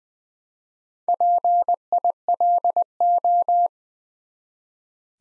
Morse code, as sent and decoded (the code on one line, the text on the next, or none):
.--. .. .-.. ---
PILO